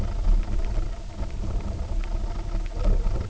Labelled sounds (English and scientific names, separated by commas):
none